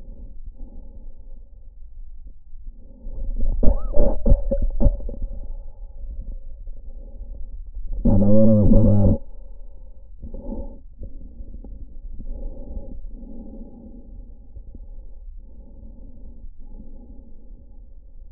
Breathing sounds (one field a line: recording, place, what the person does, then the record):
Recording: lung sounds by stethoscope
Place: trachea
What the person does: quiet breathing, then cough and speech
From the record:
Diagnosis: COPD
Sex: male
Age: 81 years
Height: 166 cm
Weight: 98.7 kg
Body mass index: 35.8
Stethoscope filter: diaphragm mode